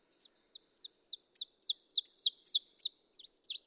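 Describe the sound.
Ovenbird song: high chanting double notes repeated rapidly, crescendoing to a loud finish, followed after a short pause by the soft start of another song.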